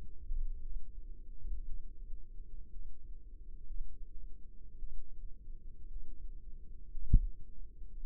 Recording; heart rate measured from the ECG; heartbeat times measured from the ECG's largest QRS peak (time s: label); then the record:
heart sounds by microphone in the left ear; 57 bpm
0.61 s: heartbeat
1.65 s: heartbeat
2.70 s: heartbeat
3.65 s: heartbeat
4.77 s: heartbeat
5.87 s: heartbeat
6.90 s: heartbeat
7.99 s: heartbeat
From the record:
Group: healthy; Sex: female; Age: 28 years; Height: 170 cm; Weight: 77 kg